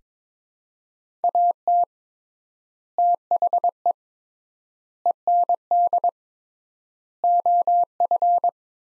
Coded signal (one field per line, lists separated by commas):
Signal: Morse code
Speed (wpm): 21 wpm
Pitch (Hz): 700 Hz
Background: none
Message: AT THE END OF